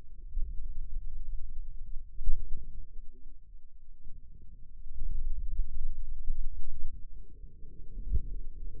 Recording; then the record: forearm muscle sounds (acoustic myography)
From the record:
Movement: pen grasping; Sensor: system 2, bracelet of six BSWA MPA416 microphones around the upper forearm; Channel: 2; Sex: male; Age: 22 years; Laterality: right